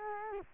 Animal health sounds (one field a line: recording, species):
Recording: mosquito wingbeat signal from an infrared sensor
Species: Culex quinquefasciatus